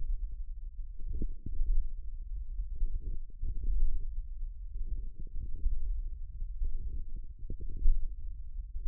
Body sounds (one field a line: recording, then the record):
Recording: forearm muscle sounds (acoustic myography)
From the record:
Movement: hand closing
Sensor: system 1, eight BSWA MPA416 microphones around the upper forearm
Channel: 6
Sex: female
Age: 21 years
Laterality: right